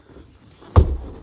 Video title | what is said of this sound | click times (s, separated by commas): Ford F150 Raptor "BuiltRight Industries" Must Have Modifications/Accessories (Minute Maintenance) | listen for that click | 0.8 s